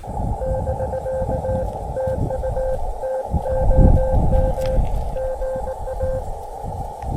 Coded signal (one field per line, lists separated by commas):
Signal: Morse code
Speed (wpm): 18 wpm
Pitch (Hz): 520 Hz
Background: none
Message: <BK> TU TOM GA